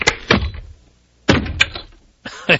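Three heavy door slams, each a sharp, loud thud with a short rumbling decay, spaced about a second apart, with no voices.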